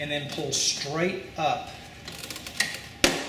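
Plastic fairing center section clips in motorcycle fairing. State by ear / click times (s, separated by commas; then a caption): released / 3.0 s. Someone talks while lifting the plastic center section of a Honda Goldwing GL1800 motorcycle fairing straight up after releasing the small tabs, with a few light taps before the pop. At 3.0 s, the two main plastic clips let go with a sharp pop and the center section comes loose.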